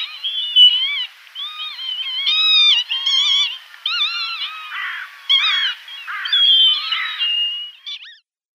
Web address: Schulze Peter Northern Lapwing calls